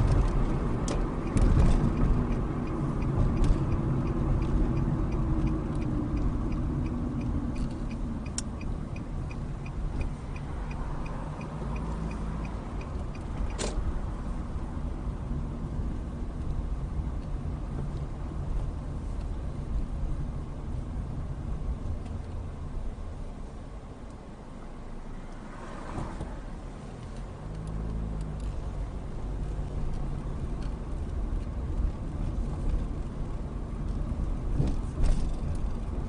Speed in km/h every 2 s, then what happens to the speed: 45, 40, 34, 26, 16, 19, 21, 18, 18, 16, 10, 3, 0, 6, 16, 21, 23, 23.
0-8 brakes to 16. 8-17 steady at about 18. 17-23 slows to 0. 23-25 standing. 25-30 pulls away to 21. 30-36 steady at about 23.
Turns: 6-11.